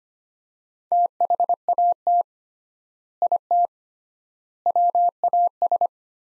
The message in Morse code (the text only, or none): THAT IT WAS